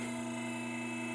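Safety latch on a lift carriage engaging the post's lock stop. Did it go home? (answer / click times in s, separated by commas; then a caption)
no / none. A 2-post car lift is raised slightly so the safety latch on the far post's carriage can engage its lock stop, with a steady motor-like hum and tonal drone throughout. Nothing has seated or clicked yet, and the latch is still short of its stop when the clip ends.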